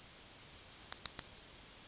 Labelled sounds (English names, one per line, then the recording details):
Yellowhammer song
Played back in forest
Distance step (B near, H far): B
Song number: 111